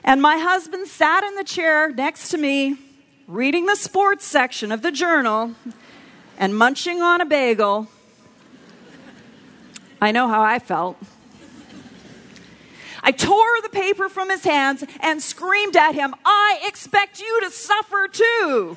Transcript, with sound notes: My husband sat in the chair next to me reading the sports section of The Journal and munching on a bagel. (laughter) I know how I felt. I tore the paper from his hands and screamed at him, “I expect you to suffer, too!”